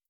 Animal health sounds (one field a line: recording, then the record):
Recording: hydrophone in a shrimp aquaculture tank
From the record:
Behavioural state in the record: starved